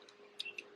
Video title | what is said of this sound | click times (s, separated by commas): Adjustable lever installed on my Harley Low Rider ST. | snaps back into place | 0.4 s